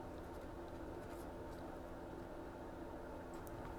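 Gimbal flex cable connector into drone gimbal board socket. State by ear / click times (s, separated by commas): not seated / none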